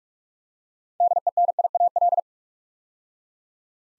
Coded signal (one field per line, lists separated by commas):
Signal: Morse code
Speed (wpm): 45 wpm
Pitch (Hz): 700 Hz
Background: none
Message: DENIAL